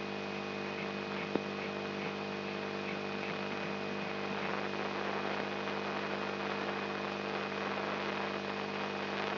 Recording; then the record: brain microelectrode recording played as sound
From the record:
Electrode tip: inside the subthalamic nucleus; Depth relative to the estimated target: -2 mm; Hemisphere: right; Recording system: AlphaMap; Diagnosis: Parkinson's disease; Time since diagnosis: 10 years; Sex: male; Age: 56 years